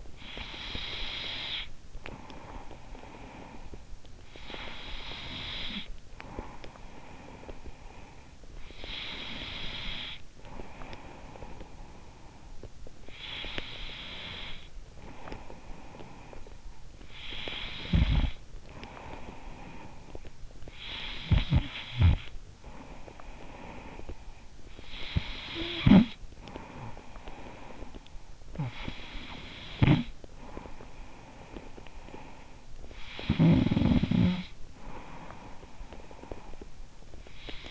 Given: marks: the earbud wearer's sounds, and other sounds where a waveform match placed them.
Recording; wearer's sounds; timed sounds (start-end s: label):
sounds in sleep by an in-ear microphone; breath, snoring breath
0.00-16.94 s: breath
16.93-37.71 s: snoring breath